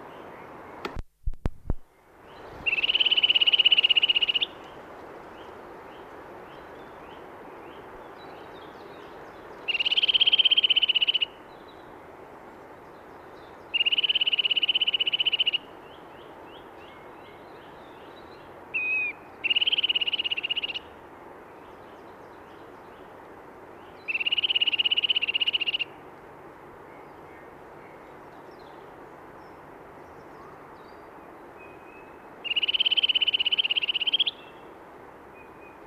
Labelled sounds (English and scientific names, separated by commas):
Eurasian Nuthatch (Sitta europaea) song